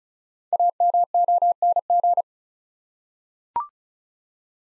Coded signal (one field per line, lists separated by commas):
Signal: Morse code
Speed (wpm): 36 wpm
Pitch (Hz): 700 Hz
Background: none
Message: AMONG